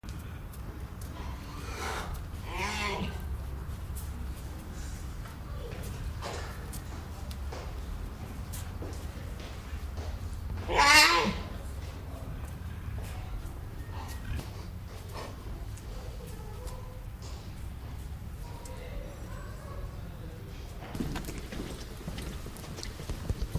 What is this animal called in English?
Puma